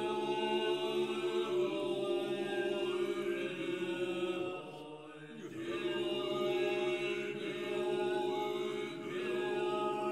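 Buddhist chanting with singing bells, a dense, steady drone of voices holding low tones, with ringing overtones sustained above. Around the fifth second the sound thins and dips briefly before the full chant swells back, with another short break near nine seconds.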